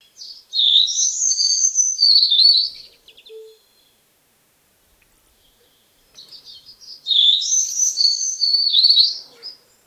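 Bird calling with fast, high twittering and chirping warbles in two bursts of about two to three seconds, separated by a quiet gap.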